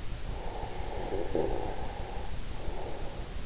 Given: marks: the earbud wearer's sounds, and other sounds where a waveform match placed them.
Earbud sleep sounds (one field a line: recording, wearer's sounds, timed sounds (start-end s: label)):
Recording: sounds in sleep by an in-ear microphone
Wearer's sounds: breath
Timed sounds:
0.15-3.30 s: breath